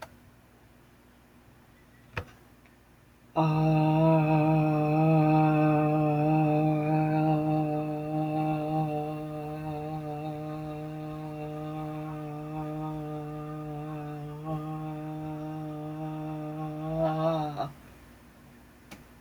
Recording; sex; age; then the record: vowel held as long as possible; female; 60 to 69 years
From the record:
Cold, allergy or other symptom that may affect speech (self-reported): no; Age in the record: 63 years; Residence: Virginia, United States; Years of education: 18